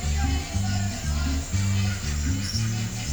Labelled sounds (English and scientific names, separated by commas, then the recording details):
none
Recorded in pastures near Puerto Asís, Putumayo, Colombia, on 22 December 2024 at 08:30
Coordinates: 0.497, -76.327
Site G088